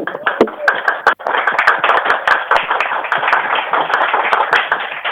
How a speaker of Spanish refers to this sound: Gracias a los profes. Un aplauso.